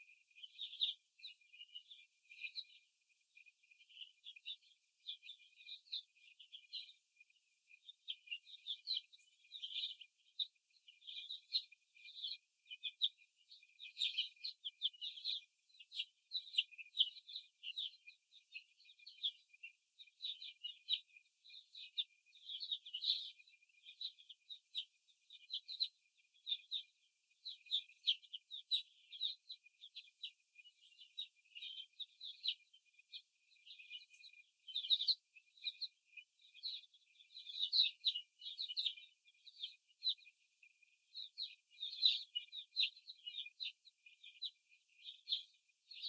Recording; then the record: young laying hens in a cage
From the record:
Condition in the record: before the stressor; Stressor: simulated dog barking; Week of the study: 1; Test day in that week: 2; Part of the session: 2